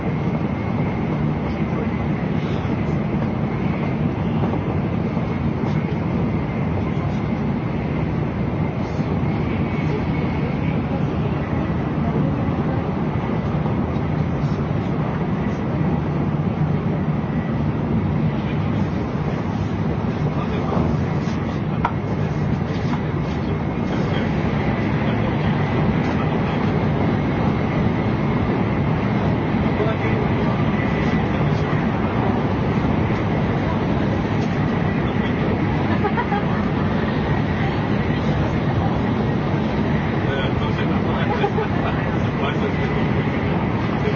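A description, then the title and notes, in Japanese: A JR 700 series Shinkansen running between Kyoto and Shin-Yokohama gives a steady, dense roar with a heavy low rumble. The level holds even throughout, with a thin high whine running underneath and faint murmuring that may be voices. JRN700系 京都〜新横浜。ひかり530号に乗車し、録音しました。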